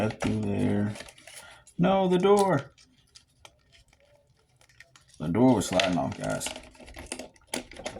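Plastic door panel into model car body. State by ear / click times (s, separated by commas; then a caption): not seated / none. A plastic door panel is being refitted onto the body of a DIY car model after it kept sliding off, while someone talks. Between the speech there are faint handling ticks and taps as the door is pressed into place. Nothing has seated or snapped home yet.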